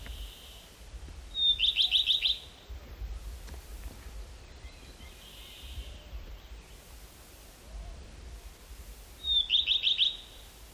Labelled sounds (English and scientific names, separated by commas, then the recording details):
Common Redstart (Phoenicurus phoenicurus) song
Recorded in the wild
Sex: male
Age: adult
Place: Halbinsel Kindo, Karelien, RU
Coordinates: 66.5542, 33.1008
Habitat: taiga
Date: 1996-06-21
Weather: sunny, 12-15°C
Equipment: Sony WM-D6C, Sennheiser MKH 70, Popschutz
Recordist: Frommolt, Karl-Heinz